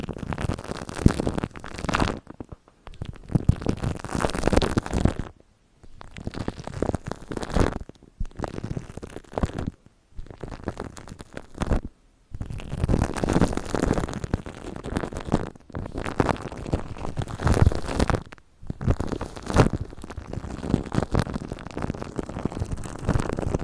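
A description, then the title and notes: Shaving cream is squished and worked by hand, making dense, wet, crackling squelches with a full low body and a fizzy top. The sound comes in bursts of a few seconds, separated by short silent pauses roughly every two to three seconds. Shaving cream ASMR.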